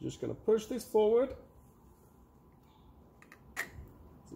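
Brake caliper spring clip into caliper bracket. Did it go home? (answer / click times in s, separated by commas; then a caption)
partly / 3.6 s. Someone talks while pushing the metal anti-rattle brake pad spring clip forward by hand onto the ridge of the caliper bracket on the front brake caliper of a Focus ST225 / XR5 Turbo. After a couple of faint ticks, a sharp metallic click sounds at 3.6 s. The clip is only partly in, nearly there but not all the way home.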